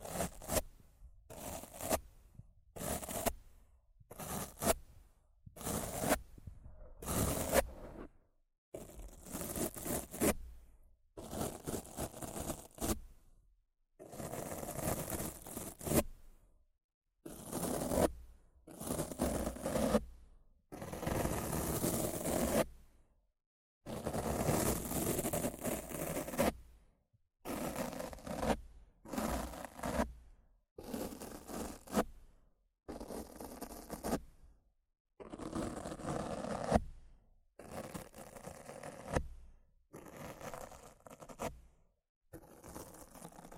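Rough scratching and brushing against a microphone, arriving in short separate bursts with brief silent gaps between them, roughly one or two strokes a second. Each stroke is a coarse, raspy scrape reaching from low rumble up into bright hiss, with some longer sweeps around the middle.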